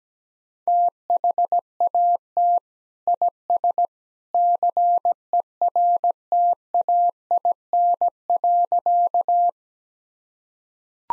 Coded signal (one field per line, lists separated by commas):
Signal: Morse code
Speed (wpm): 17 wpm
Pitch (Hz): 700 Hz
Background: none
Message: THAT IS CERTAIN.